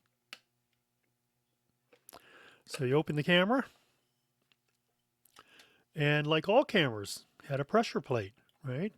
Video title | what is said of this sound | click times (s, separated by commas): Rolleicord 1 'Art Deco': This Camera's Arrival Was Anything but Subtle - Camera Talk | and if you hear you could hear it on Snap | 0.3 s